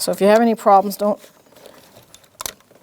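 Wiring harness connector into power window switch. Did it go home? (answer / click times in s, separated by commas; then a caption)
yes / 2.4 s, 2.5 s. Someone talks while the main wiring harness connector is plugged into the power window switch of a 2013-2018 Toyota RAV4 and its slide lock is pushed up. After a quiet stretch with faint handling noises, two sharp clicks come at 2.4 s and 2.5 s as the connector locks in, and it is confirmed locked.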